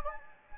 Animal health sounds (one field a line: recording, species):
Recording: mosquito wingbeat signal from an infrared sensor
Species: Anopheles gambiae